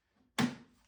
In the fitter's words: it just snaps into place uhhuh that guy